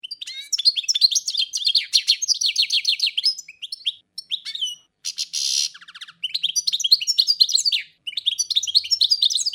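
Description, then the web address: European goldfinch twittering song, a lively jumble of bright chirps, trills and a harsh buzzy note, delivered in long, fast phrases with short gaps. "schegol"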